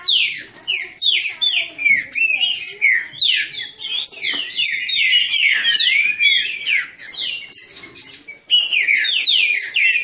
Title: Trinca Ferro NICÃ O No Mato Disputando Com Solto